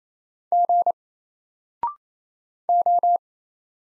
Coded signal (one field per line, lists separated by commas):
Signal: Morse code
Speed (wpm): 28 wpm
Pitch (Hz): 700 Hz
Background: none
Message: G O